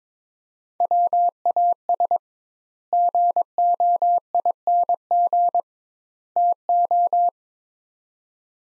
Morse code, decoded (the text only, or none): WAS GOING TO